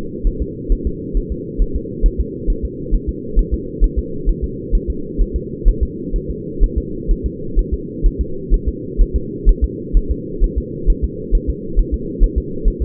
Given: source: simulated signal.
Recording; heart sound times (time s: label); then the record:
fetal heart sounds
0.27 s: S1
0.42 s: S2
0.72 s: S1
0.87 s: S2
1.17 s: S1
1.32 s: S2
1.62 s: S1
1.76 s: S2
2.06 s: S1
2.20 s: S2
2.50 s: S1
2.65 s: S2
2.94 s: S1
3.09 s: S2
3.39 s: S1
3.54 s: S2
3.84 s: S1
3.99 s: S2
4.29 s: S1
4.44 s: S2
4.75 s: S1
4.90 s: S2
5.21 s: S1
5.36 s: S2
5.68 s: S1
5.83 s: S2
6.16 s: S1
6.30 s: S2
6.64 s: S1
6.78 s: S2
7.11 s: S1
7.26 s: S2
7.59 s: S1
7.73 s: S2
8.06 s: S1
8.21 s: S2
8.54 s: S1
8.68 s: S2
9.01 s: S1
9.16 s: S2
9.49 s: S1
9.64 s: S2
9.97 s: S1
10.11 s: S2
10.44 s: S1
10.58 s: S2
10.90 s: S1
11.04 s: S2
11.35 s: S1
11.50 s: S2
11.79 s: S1
11.94 s: S2
12.23 s: S1
12.38 s: S2
12.68 s: S1
12.82 s: S2
From the record:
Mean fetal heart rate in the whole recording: 130 bpm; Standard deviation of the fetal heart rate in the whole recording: 4 bpm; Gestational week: 38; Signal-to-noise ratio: -4.3 dB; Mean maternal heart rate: 72 bpm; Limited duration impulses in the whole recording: absent